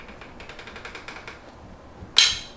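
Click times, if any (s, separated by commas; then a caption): 2.2 s. The handlebar fold lock knob on the stem of a Helix Titanium folding bike is given a final clockwise turn, with a run of light ratcheting ticks between about 0.4 and 1.3 s. At 2.2 s the third click lands as a sharp, bright snap, and the knob is locked with the handlebars seated and good to go.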